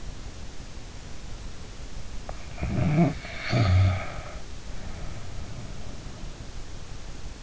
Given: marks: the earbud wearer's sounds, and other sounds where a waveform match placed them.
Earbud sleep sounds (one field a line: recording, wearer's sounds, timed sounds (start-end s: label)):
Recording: sounds in sleep by an in-ear microphone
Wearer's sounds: snoring breath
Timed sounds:
2.38-6.60 s: snoring breath